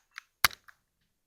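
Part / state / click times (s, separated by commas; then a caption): pistol magazine into pistol magazine well / seated / 0.4 s. A CZ 75 magazine taken from another pistol is pushed into the magazine well of a CZ P09 C Nocturne pistol. A soft tap comes at about 0.2 s, then a sharp, loud click at 0.4 s with a quieter follow-up tick just after. The magazine locks into place in the grip.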